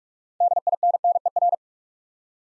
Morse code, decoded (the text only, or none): DINNER